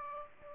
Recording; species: mosquito wingbeat signal from an infrared sensor; Aedes aegypti